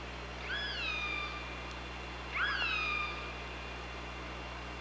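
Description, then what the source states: Killer whale making two matching calls about two seconds apart, each sweeping up briefly then gliding down with rich harmonics, over a low continuous hum. Recorded on an OrcaLab hydrophone on 24 August 2017.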